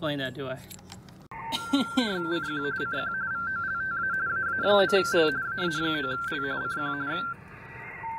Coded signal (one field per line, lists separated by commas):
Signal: RTTY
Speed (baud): 45.45 baud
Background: speech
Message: CQ CQ VOLTA AA9L AA9L CQ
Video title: Introducing the DX Idiot - Homebrew HF Vertical Antenna